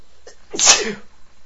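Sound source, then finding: Adult male. Sneeze.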